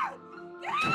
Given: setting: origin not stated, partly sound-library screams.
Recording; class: one-second piece from a danger detection set; woman in danger